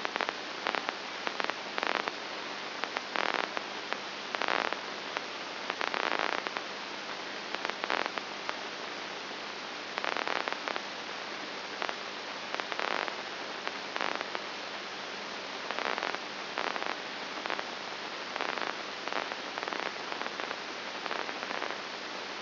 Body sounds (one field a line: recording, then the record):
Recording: brain microelectrode recording played as sound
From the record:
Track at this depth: inside the subthalamic nucleus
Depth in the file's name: 1.701 mm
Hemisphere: right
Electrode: 2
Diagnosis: Parkinson's disease